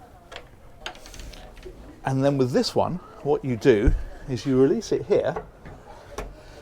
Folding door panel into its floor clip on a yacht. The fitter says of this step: it clips into place down here